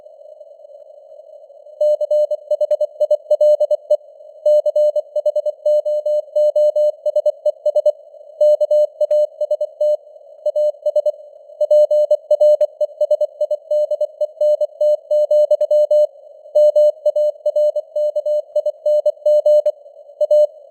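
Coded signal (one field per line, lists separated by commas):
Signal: Morse code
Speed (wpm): 24 wpm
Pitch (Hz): 600 Hz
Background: none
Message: CHILE CHOOSES KAST AS PRESIDENT, MARKING A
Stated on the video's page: Computer-generated news headlines in Morse at 24 wpm with simulated radio noise and varying signal strength (QSB).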